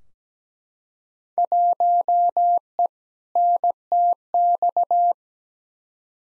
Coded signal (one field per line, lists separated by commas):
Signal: Morse code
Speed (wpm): 17 wpm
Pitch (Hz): 700 Hz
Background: none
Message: 1E NTX